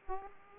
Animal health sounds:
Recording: mosquito wingbeat signal from an infrared sensor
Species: Aedes aegypti

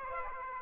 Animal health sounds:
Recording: mosquito wingbeat signal from an infrared sensor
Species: Aedes aegypti

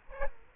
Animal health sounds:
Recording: mosquito wingbeat signal from an infrared sensor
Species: Culex quinquefasciatus

